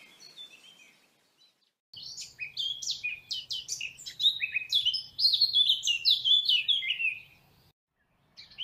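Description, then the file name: Eurasian blackcap song, a lively run of clear fluting whistles and chattering notes lasting several seconds, then silence and a brief new start. "chant fauvette a tete noire sylvia atricapilla"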